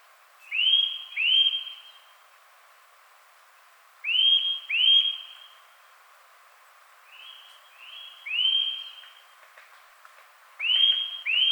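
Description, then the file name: Eurasian nuthatch repeating rising, level-topped whistled calls in pairs and short runs, with short pauses between groups. "Sitta europaea"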